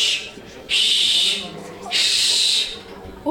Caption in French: Sors d'apnée du sommeil la nuit je suis un peu comme Darth Vader. Je porte un masque énorme grâce à des tuyaux branchés en machine. Ça fait un sacré boucan.